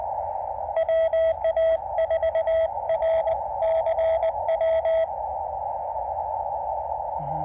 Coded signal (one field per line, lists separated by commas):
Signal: Morse code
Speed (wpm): 21 wpm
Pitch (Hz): 660 Hz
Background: radio noise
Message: WA4RCW